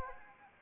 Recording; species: mosquito wingbeat signal from an infrared sensor; Anopheles arabiensis